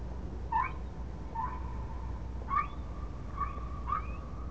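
Whale calls: several short chirped upsweeps near the same pitch, linked by a faint steady tone, over low rumbling background noise.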